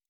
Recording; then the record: hydrophone in a shrimp aquaculture tank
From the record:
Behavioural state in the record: normal